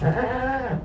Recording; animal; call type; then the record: contact call of a hoofed animal; goat; low-frequency (closed-mouth) or high-frequency (open-mouth) call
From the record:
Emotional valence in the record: positive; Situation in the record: food anticipation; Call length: 0.85 s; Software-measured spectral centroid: 1390 Hz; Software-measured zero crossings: 1310 a second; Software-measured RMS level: -24 dBFS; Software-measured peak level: -9 dBFS